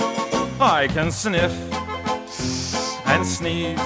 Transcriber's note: deep inhale